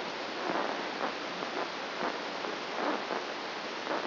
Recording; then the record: brain microelectrode recording played as sound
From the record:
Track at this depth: outside the subthalamic nucleus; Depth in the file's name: 0.314 mm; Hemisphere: right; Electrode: 2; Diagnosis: Parkinson's disease